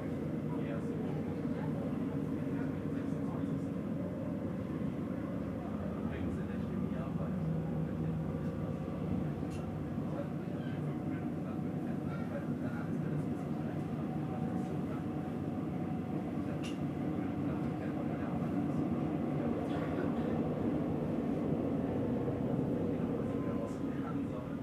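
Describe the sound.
An S-Bahn train rolls on with a steady low rumble, faint voices and brief clicks and clatters surfacing throughout the ride.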